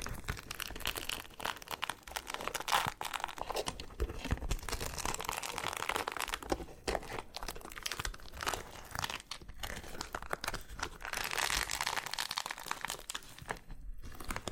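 Loofah being handled with dense, continuous scratchy crinkling and peeling sounds. Short crackles and pops come in quick, irregular bursts throughout, bright and papery, with brief near-silent gaps around nine and fourteen seconds.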